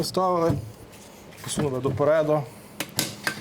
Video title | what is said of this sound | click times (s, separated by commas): ПЕРШИЙ VOGE DS800X RALLY В УКРАЇНІ 😱 РОЗПАКУВАННЯ З КОРОБКИ - 4K | ，然後扣上。扣上了。很牢固。很牢固。很棒。 | 2.8 s, 3.0 s